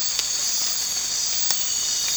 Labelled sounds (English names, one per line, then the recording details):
none
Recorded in dense forest near Puerto Asís, Putumayo, Colombia, on 8 March 2025 at 03:30
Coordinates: 0.484, -76.317
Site G064